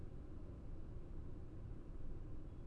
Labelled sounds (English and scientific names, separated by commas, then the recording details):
none
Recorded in Germany
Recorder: ecoPi